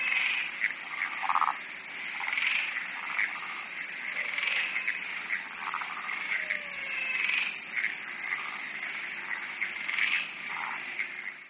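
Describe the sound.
Chorusing frogs give repeated pulsed croaks and higher rattling trills at irregular intervals, layered over a steady shrill hum that persists throughout.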